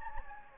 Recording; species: mosquito wingbeat signal from an infrared sensor; Anopheles gambiae